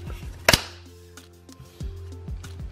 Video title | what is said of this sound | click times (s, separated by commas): HERA ARMS CQR STOCK | and this just snaps right in | 0.5 s